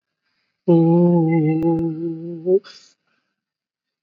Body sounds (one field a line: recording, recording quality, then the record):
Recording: sustained vowel as in boot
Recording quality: excellent, no background noise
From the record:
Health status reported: COVID-19 positive, mild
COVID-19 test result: positive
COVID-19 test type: RT-PCR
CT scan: taken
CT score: 17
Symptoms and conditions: cough, breathing difficulty, fatigue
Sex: male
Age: 48 years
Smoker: no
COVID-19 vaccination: one dose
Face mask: not worn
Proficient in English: yes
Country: India